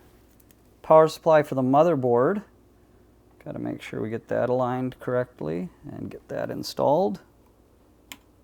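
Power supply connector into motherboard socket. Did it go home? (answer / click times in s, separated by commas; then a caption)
yes / 8.1 s. A power supply connector is aligned and pushed into the motherboard's power socket while someone talks. After the talking stops, a single sharp click at 8.1 s shows the connector has seated.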